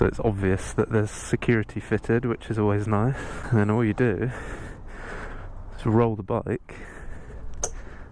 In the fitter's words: and you can hear the pin lock into place through the disc and then it's immobilized and